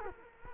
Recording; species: mosquito wingbeat signal from an infrared sensor; Culex quinquefasciatus